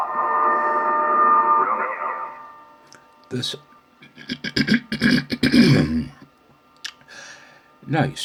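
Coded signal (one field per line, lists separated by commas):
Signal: coded military voice message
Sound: a steady buzzy tone, then short clipped bursts of distorted radio voice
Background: radio static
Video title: 11.175 MHz 'War Comms' Numbers Station - vol. 2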